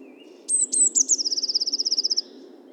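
Eurasian blue tit song: three or four thin, high introductory notes followed by a fast, even trill of bright repeated notes, over a faint low hum.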